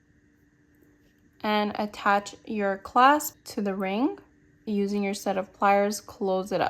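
A metal jump ring holding a necklace clasp and crimp cover is handled with a set of pliers while someone talks, and nothing has seated or clicked yet. The ring is meant to click when squeezed fully closed, showing it will not slip off. Only speech is heard over a quiet background, with no click.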